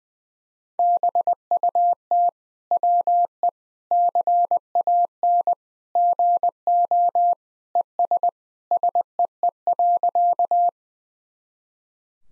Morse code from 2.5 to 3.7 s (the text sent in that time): WE